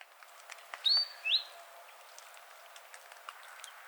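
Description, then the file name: Great tit: a pair of brief high sweeping notes close together, over a background of soft ticking sounds. "Parus major"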